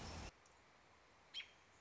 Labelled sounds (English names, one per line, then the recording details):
American Robin
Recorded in Sonoma County, California